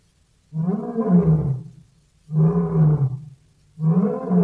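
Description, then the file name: Lion roaring: three deep, throaty roars separated by short pauses, the last one cut off at the end. "Golosa ptic i zverei - Lev"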